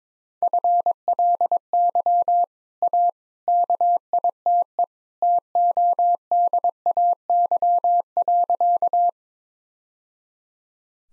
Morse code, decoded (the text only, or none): FLY A KITE TODAY.